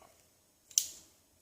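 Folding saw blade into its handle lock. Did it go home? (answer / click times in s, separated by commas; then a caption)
yes / 0.7 s, 0.8 s. A folding saw is unlocked and its blade is swung open into the handle lock. A faint tick at 0.7 s is followed by a sharp, bright snap at 0.8 s that rings briefly and fades. The blade locks open into place.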